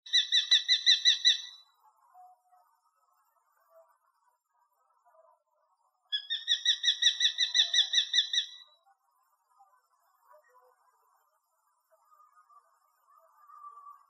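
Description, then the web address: Common kestrel giving two rapid chattering bursts of sharp, high kee notes, each lasting about two seconds and separated by quiet with faint chirps. Recorded in Uzbekistan. "Uzbek hayvonlar. Falco tinnunculus"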